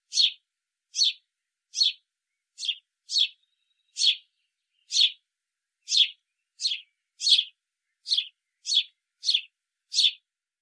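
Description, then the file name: House sparrow giving a steady run of brief, bright chirps, slightly uneven in spacing, with nothing else audible. "Passer domesticus"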